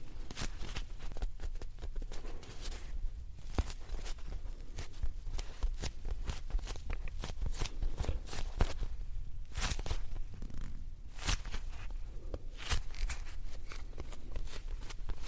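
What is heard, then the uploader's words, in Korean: Soft, squishy fluffy sounds: a dense, irregular run of muffled pats and presses continues for the whole clip, several per second, some clusters sounding crisper than others. A low, steady rumble sits underneath throughout. ASMR 폭신 폭신 소리!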